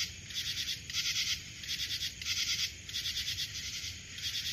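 Cricket chirps: shrill pulsed bursts repeated at an uneven pace, with a constant high whine behind them.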